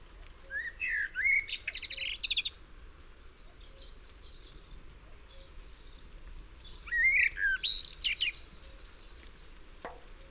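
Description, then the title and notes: Common Blackbird singing two phrases, each of mellow whistled notes followed by a high scratchy twitter, several seconds apart, over steady background noise. Recorded in June 1999 in Massignieu-de-Rives, France, during a thunderstorm, on a Tascam DAP-1 with a Telinga microphone. "juin 1999 orage et merle. Merle et orage, puis grillons. Massignieu-de-Rives, France"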